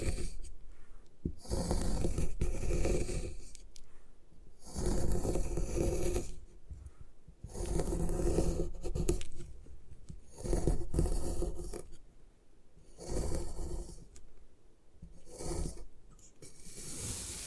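Gym chalk is crushed and ground in rough, gritty bursts of scraping and crumbling, each lasting a couple of seconds, with brief pauses between.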